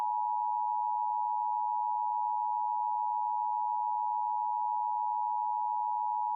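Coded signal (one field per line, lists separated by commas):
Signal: Emergency Alert System (SAME) tones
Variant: 853 and 960 Hz attention tone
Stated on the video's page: Severe thunderstorm warning alert aired over a TV station's broadcast during a children's program.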